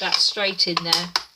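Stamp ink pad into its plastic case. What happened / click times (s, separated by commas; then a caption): Handled, not yet home: pad pushed toward its case / none. A plastic stamp ink pad is pushed straight into its plastic case while someone talks, with a few brief sharp ticks of handling under the voice. Nothing has seated or clicked yet by the end of the clip.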